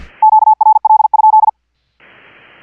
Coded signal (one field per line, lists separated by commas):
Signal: Morse code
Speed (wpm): 50 wpm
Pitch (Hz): 870 Hz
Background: none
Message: QRL?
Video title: HAM RADIO - Remote Rig Operations - homebrew setup with a Raspberry PI & some free software